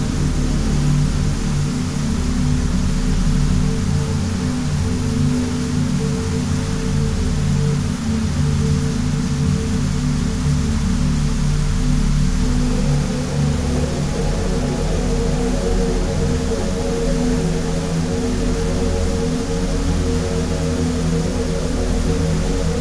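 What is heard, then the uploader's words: Soft music of low, sustained notes sits under steady rain hiss, with the chords shifting slightly about halfway through the unchanging, even wash. 852Hz + 432Hz || Soft Music + Rain Sounds || Nature Sounds + Miracle Tone Music Solfeggio Frequency.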